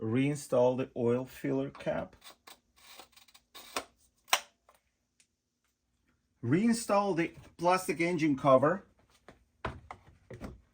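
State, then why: Seated. On a 2023 Porsche Macan 2.0L Turbo, the plastic engine top cover is pressed down onto its engine mounts while someone talks, with a few light knocks in between. Sharp clicks at 9.7 s and 9.9 s mark the cover snapping into place, and it is seated at its four corners.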